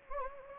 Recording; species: mosquito wingbeat signal from an infrared sensor; Anopheles gambiae